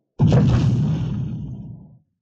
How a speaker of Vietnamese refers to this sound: Chốc lát, thân ảnh của Quỷ Lệ như ánh chớp bắn tới, thậm chí phát ra tiếng xé gió vù vù trong Dũng đạo tĩnh mịch này, liền biến mất tận cuối Dũng đạo.